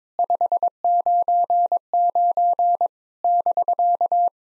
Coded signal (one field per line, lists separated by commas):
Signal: Morse code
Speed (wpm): 22 wpm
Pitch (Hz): 700 Hz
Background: none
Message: 599 <BK>